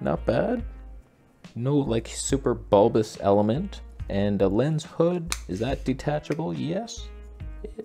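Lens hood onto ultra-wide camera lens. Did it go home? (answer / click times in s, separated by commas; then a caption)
no / none. A detachable lens hood is taken off a Laowa 10mm f2.8 AF ultra-wide camera lens and twisted back onto the lens front while someone talks throughout. Only a few faint handling taps are heard near the end, around 7.4 to 7.9 seconds. The hood has not clicked back into place.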